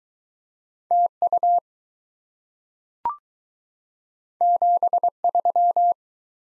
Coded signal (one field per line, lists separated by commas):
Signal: Morse code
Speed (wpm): 21 wpm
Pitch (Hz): 700 Hz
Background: none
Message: TU 73